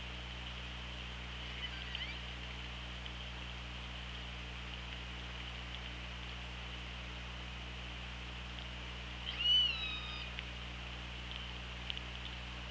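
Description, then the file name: Orca call: one clear harmonic call rising then holding level for about a second, with faint earlier squeals, over constant hiss and low hum. OrcaLab hydrophone, 24 August 2017, 15:37:19. "Orca Lab UTLN JASON 20170824 153719"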